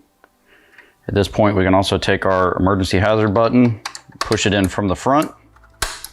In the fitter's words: you heard it snap and